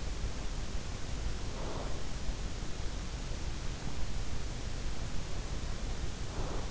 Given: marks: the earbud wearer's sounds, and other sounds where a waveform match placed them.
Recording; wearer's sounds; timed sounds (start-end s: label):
sounds in sleep by an in-ear microphone; breath
1.20-2.19 s: breath
6.29-6.70 s: breath